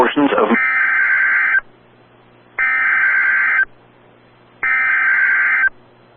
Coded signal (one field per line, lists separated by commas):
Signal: Emergency Alert System (SAME) tones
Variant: header bursts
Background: speech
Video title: Tornado warning for Cleveland and McClain, OK (EAS #114)